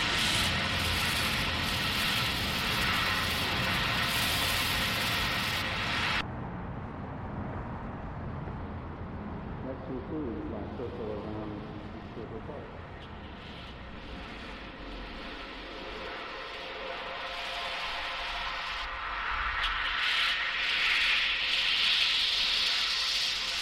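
Street traffic rumbles steadily with a low engine drone throughout. A loud hissing roar fills the first six seconds, then cuts off sharply, leaving quieter mixed engine noise with faint voices around the middle. Near the end, bright rising whines and hiss swell again.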